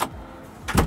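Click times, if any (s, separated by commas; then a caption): 0.0 s. A wooden slide-out table with a butcher block top, built into a campervan's bed frame, is pulled all the way out and locks in place with a short, sharp click at 0.0 s. After a quiet stretch, a louder low thump and rattle follow around 0.7 to 0.9 s, and the table ends fully extended and locked.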